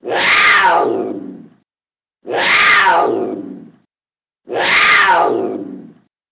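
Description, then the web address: Cat meowing, a long harsh drawn-out cry that falls in pitch, given three times about every two seconds with silence between. "koshka"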